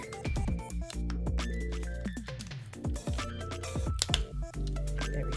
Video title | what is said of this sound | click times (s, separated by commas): Devastator Unleashed - A TRANSFORMERS Studio Series 86 Review | we go. Everything is snapped into place. | 4.0 s, 4.1 s